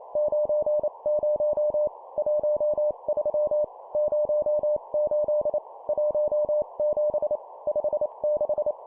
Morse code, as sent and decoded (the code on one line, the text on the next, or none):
----. ----- / .---- ...-- / ----- ---.. / .---- --... / ..... -....
90 13 08 17 56